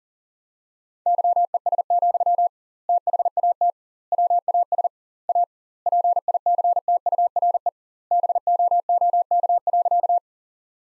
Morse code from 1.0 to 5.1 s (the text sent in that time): YES, THAT WAS